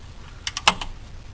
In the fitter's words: just go easy until it clicks there you go